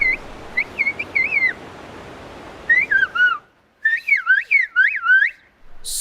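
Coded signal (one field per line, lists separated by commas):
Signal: whistled language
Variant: Turkish kuş dili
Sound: loud gliding human whistles rising and falling, in three phrases with a pause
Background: background hiss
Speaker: But that's not a bird you're hearing. It's the bird language. Spoken by Orhan Civelek, the official bird language trainer.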